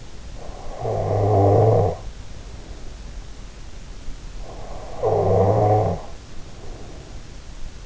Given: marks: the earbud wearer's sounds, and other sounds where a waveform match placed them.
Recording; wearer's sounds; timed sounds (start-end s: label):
sounds in sleep by an in-ear microphone; snoring breath
0.40-2.72 s: snoring breath
4.47-7.86 s: snoring breath